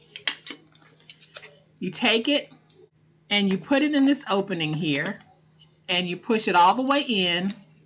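A plastic glue bottle, its cap already removed, is handled at the opening of a glue press tool while someone talks. Several short sharp taps and handling noises are heard in the first 1.4 seconds, followed by speech. The bottle has not yet been pushed all the way in, and nothing has clicked into place yet.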